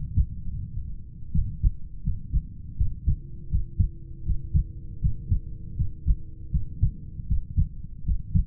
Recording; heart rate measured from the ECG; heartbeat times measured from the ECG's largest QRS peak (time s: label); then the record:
heart sounds by stethoscope; 80 bpm
0.50 s: heartbeat
1.31 s: heartbeat
2.02 s: heartbeat
2.76 s: heartbeat
3.49 s: heartbeat
4.24 s: heartbeat
4.99 s: heartbeat
5.75 s: heartbeat
6.50 s: heartbeat
7.26 s: heartbeat
8.03 s: heartbeat
From the record:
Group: heart failure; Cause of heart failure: idiopathic cardiomyopathy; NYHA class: 2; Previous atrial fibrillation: present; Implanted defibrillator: present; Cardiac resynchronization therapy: present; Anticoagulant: warfarin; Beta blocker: metoprolol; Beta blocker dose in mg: 50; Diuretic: furosemide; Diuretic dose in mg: 40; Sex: male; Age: 62 years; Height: 184 cm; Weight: 101 kg